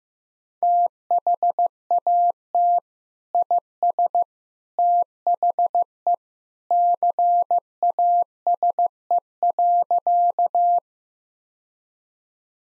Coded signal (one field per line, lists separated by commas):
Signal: Morse code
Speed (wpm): 15 wpm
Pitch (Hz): 700 Hz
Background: none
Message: THAT IS THE CASE.